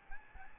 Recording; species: mosquito wingbeat signal from an infrared sensor; Aedes albopictus